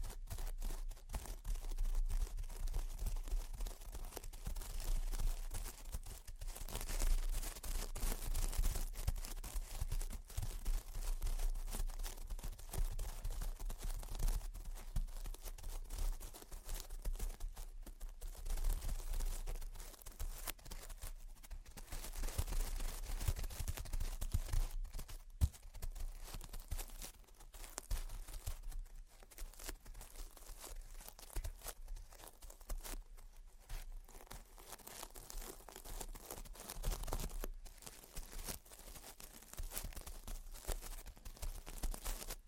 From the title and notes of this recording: Gentle Tapping and Scratching. (No Talking).